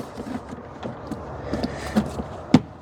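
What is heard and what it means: On a Pontiac Solstice, the plastic rear window trim panel (waterfall panel) is pressed down along its length so its clips push into the car body, with soft taps and a low rumble in the background. The second trim panel clip seats with a sharp click at 2.5 s.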